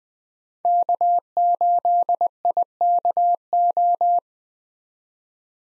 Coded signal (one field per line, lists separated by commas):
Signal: Morse code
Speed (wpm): 21 wpm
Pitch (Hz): 700 Hz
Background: none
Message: K8IKO